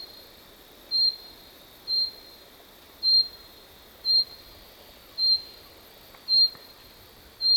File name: Fringilla coelebs